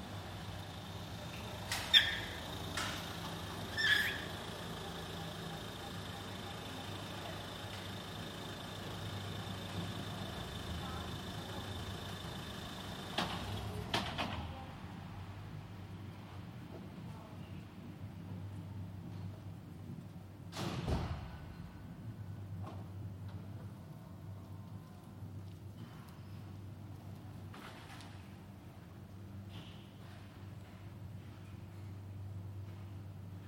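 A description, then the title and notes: An underground parking garage with a steady low hum, sharp clicks and knocks near the start, and a thud around twenty seconds. Underground parking garage The Hague. The sound of a medium-sized underground parking garage.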